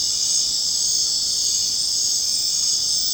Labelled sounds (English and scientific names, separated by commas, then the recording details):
none
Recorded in secondary vegetation near Puerto Asís, Putumayo, Colombia, on 29 June 2025 at 19:30
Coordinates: 0.484, -76.319
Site G074